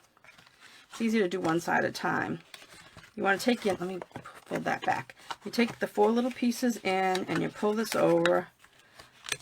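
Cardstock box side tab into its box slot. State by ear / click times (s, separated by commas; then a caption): seated / 9.3 s. Someone talks while folding the four small cardstock pieces of a strawberry mini paper craft box and pulling the side over so its tab goes into the box slot. A sharp, loud snap at 9.3 s closes the stretch as the cardstock tab seats in place.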